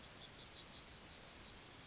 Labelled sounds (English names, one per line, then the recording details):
Yellowhammer song
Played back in grassland
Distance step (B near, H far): C
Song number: 142